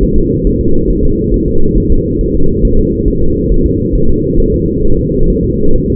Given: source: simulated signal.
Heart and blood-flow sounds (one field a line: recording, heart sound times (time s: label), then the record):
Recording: fetal heart sounds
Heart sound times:
0.03 s: S1
0.18 s: S2
0.47 s: S1
0.61 s: S2
0.90 s: S1
1.04 s: S2
1.34 s: S1
1.48 s: S2
1.77 s: S1
1.92 s: S2
2.21 s: S1
2.35 s: S2
2.65 s: S1
2.79 s: S2
3.08 s: S1
3.22 s: S2
3.52 s: S1
3.66 s: S2
3.95 s: S1
4.09 s: S2
4.40 s: S1
4.54 s: S2
4.85 s: S1
4.99 s: S2
5.30 s: S1
5.44 s: S2
5.76 s: S1
5.90 s: S2
From the record:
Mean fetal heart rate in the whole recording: 135 bpm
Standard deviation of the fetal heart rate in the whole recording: 3 bpm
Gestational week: 36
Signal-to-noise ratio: -19.1 dB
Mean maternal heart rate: 72 bpm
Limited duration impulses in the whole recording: present